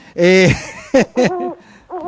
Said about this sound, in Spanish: Espere, estoy escuchando el pajarito. A ver, póngame el pajarito. Ponga el pajarito.